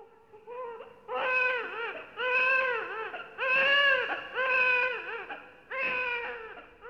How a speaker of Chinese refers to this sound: 这是谁的哭声呢？少年朋友，我想你一定不会感到陌生，因为我们每个人出生的时候都这样哭，好像是在向世界宣告，我是新生命，我来啦。